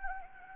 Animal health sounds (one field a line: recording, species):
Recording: mosquito wingbeat signal from an infrared sensor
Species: Anopheles gambiae